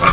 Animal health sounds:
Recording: pig call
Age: piglet (1 to 25 days)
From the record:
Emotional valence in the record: positive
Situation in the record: reunion after long isolation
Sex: female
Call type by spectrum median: low-frequency call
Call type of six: low-frequency tonal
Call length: 0.13 s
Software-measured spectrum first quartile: 924 Hz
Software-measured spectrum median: 1355 Hz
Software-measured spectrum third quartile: 2865 Hz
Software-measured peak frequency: 1202 Hz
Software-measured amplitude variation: 132 dB a second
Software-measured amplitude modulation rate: 11.2 a second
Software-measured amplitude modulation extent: 11.7 dB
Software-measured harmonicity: 2.7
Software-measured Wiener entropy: -1.55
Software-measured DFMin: 735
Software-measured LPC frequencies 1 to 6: 1204, 2323, 3402, 4441, 5885, 6803 Hz

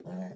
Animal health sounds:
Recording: pig call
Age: piglet (1 to 25 days)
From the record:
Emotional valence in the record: negative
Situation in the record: long isolation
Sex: male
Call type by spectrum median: low-frequency call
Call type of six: low-frequency stable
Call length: 0.36 s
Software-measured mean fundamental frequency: 60 Hz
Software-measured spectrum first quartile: 184 Hz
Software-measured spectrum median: 308 Hz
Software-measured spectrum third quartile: 802 Hz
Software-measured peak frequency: 181 Hz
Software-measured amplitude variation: 116 dB a second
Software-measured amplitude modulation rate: 14.0 a second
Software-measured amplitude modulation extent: 8.3 dB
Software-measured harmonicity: 7.5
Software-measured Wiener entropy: -0.55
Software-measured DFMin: 657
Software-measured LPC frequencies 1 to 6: 625, 1785, 4309, 5463, 6544, 7095 Hz

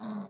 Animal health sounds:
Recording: pig call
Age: piglet (1 to 25 days)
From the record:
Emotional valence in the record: negative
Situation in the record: short isolation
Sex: male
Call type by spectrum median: low-frequency call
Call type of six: low-frequency stable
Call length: 0.30 s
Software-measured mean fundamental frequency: 70 Hz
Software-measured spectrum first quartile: 212 Hz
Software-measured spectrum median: 418 Hz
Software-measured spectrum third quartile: 1789 Hz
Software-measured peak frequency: 214 Hz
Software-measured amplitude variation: 108 dB a second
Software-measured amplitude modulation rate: 18.4 a second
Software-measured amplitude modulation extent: 5.9 dB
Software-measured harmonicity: 9.2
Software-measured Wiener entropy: -1.87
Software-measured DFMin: 1273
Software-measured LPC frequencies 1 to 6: 1052, 4083, 5686, 6882, 7879, 9472 Hz

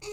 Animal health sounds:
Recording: pig call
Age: weaner (32 to 43 days)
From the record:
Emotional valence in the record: negative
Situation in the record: short isolation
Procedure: open field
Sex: female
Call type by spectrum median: low-frequency call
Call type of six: high-frequency stable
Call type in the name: high-frequency stable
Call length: 0.13 s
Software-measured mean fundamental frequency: 426 Hz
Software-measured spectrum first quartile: 420 Hz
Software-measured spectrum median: 1285 Hz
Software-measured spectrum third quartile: 4707 Hz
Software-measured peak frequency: 420 Hz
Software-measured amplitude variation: 75 dB a second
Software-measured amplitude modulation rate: 11.8 a second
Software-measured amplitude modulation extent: 6.4 dB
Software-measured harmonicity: 7.3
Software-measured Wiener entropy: -2.49

